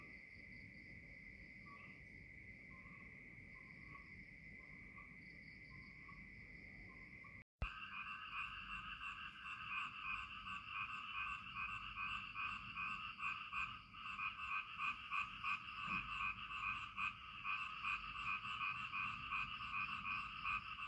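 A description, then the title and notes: Frogs call over a steady hiss that may be rain. For the first seven seconds a thin, even trill sits behind soft, regularly spaced croaks. After an abrupt cut, a louder, dense chorus of rapid pulsing calls takes over, busy, to the end. Frog and Rain.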